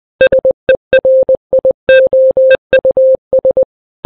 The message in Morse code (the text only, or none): SERIOUS